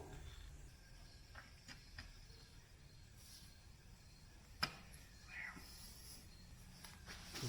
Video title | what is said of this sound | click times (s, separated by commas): 100 hour service by JD Mechanic | i heard the click seated pretty good it sounds like | 4.6 s